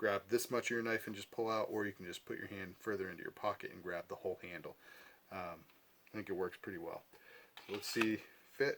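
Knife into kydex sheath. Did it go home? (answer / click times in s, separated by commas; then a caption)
no / none. Someone talks while handling a Mora Garberg fixed-blade knife with a rubberized handle and a custom kydex sheath, getting ready to push the knife into the sheath. The clip ends just before the knife goes home, so nothing has seated or clicked yet.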